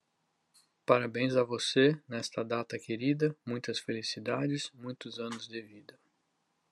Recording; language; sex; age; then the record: short text; Brazilian Portuguese; male; 50 to 59 years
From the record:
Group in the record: control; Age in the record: 53 years